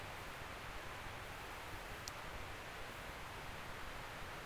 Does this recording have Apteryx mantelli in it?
no